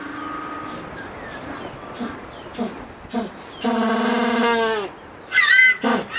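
African penguin giving a loud, donkey-like harmonic bray lasting over a second, preceded by short grunting notes and followed by higher cries.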